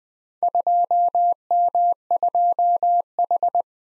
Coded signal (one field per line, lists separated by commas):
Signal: Morse code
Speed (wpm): 20 wpm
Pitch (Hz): 700 Hz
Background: none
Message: 2M2H